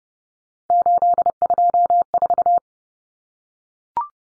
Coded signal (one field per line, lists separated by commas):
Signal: Morse code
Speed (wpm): 30 wpm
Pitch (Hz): 700 Hz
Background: none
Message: 824